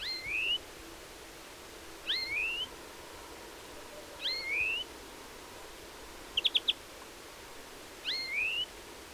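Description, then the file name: European greenfinch calls: rising wheezy notes repeated about every two seconds, with one short chatter of four notes between them. "Chloris chloris"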